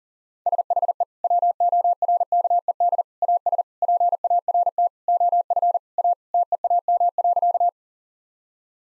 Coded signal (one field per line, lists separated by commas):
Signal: Morse code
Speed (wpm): 37 wpm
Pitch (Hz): 700 Hz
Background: none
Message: SHE WORKED AS PART OF A TEAM.